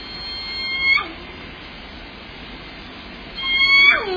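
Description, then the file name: Orca calls at the start and end: high harmonic tones that bend sharply downward. A quiet hissing stretch lies between them. Recorded at Limekiln on 11 June 2014, late evening around 22:46. "2014 06 11 22 46 25 Orca limekiln"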